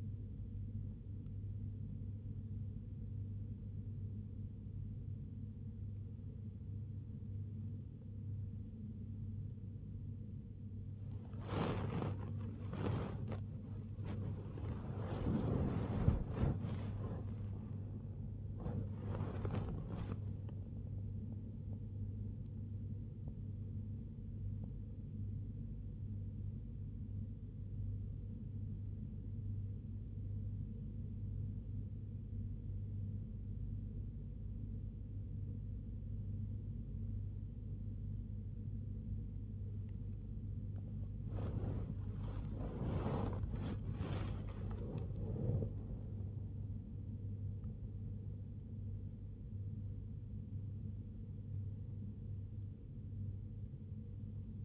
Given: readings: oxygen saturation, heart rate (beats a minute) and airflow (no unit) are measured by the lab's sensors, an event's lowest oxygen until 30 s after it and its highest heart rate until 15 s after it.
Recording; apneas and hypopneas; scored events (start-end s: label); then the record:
breathing in sleep by a smartphone at the bedside; 1
0.00-21.00 s: awake
21.00-54.65 s: new sleep stage, N1 (lightest sleep)
29.00-42.30 s: hypopnea (N1, oxygen 95% highest, then 93% lowest, heart rate 67 at the start, 80 highest)
From the record:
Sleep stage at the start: awake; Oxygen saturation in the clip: 93 to 95%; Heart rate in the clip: 61 to 80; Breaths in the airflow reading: 13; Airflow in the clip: -4.1 to 1.8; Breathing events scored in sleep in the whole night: 101 in 7.3 hours asleep